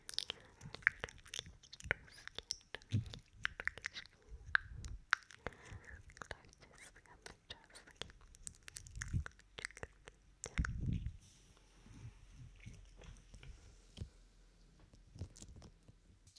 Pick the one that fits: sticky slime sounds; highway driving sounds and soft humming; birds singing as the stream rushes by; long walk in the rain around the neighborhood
sticky slime sounds